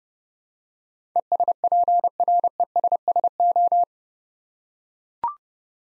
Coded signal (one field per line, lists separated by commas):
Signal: Morse code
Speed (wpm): 30 wpm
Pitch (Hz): 700 Hz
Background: none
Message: ESPRESSO